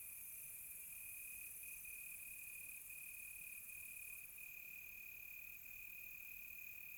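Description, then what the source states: Cricket chorus: an unbroken high trill ringing on one pitch, with an even higher hiss that shifts and thickens about two-thirds through. Close crickets on a quiet tropical night.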